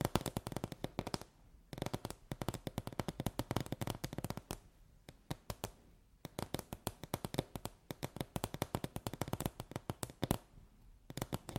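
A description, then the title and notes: Quick, sharp taps come in dense bursts, each click bright and crisp, rattling along at an irregular but fast pace. The flurries pause briefly near two, four and a half, six and ten and a half seconds before resuming. ASMR Tapping For Sleep 100% Tingles! (No Talking).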